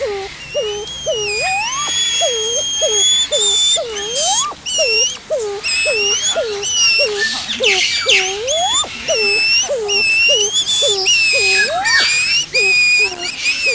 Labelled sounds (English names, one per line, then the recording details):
Black Curassow call
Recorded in captivity
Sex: pair
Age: adult
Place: Zoo Berlin, Berlin, DE
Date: 2001-08-14 12:50
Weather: heiter, 24 - 26°C
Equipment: Marantz CP 130, Sennheiser MKH 416, Kopie Uher 4000 Report Monitor
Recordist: Tembrock, Günter
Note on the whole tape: Weibchen: Lautfolgen, dann auch das Männchen mit hoher Frequenz zugleich, vorher und danach das Männchen in Duckstellung und dunkle Lautfolge (Abstand 30 - 50 cm)